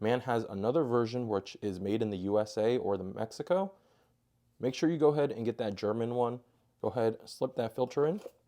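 A man talks while a new paper oil filter element, the German-made Mann HU 6013 for a 2021–2025 Audi Q5/SQ5 2.0L or 3.0L, is about to be slipped into the plastic oil filter housing cap. His speech fills the clip with short pauses near 4.2 s and 6.6 s. The element has not yet clicked into the cap.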